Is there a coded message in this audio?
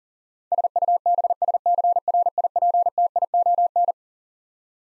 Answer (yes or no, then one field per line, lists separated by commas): yes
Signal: Morse code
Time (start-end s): 0.5-3.9 s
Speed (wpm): 40 wpm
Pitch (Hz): 700 Hz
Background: none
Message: SUBSCRIPTION